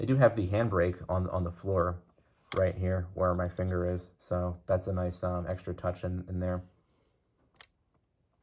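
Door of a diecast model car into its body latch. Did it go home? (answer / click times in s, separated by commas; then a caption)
yes / 7.6 s. Someone talks for most of the clip, then, after a pause, the door of a 1/18 scale Motormax Saleen S7 diecast model car is closed into its body latch and clicks shut once, sharp and brief, at 7.6 s. The door locks into place, an upper-end feature for a budget model car.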